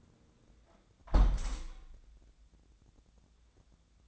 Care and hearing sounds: daily activity, microphone in the room; close window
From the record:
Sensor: 3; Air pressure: 1012.3 hPa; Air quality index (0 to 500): 139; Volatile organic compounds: 2 ppm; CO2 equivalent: 1072 ppm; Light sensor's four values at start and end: 283/689/287/283 and 286/698/290/285

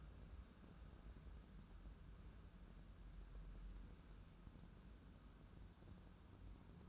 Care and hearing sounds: daily activity, microphone in the room; wipe stove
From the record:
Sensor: 2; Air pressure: 1015.0 hPa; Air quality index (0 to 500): 77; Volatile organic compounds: 1 ppm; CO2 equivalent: 953 ppm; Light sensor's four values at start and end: 13/35/14/15 and 13/35/14/15

